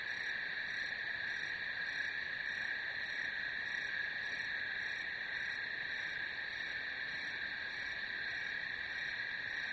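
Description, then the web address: Crickets keep up a dense, unchanging high trill, with thin pulsed notes repeating faintly above the main drone. "сверчки"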